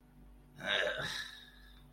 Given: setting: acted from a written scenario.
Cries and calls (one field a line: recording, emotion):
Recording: vocal sound without words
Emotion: contempt